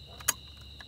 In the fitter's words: you put the connectors back on there again until you hear the click you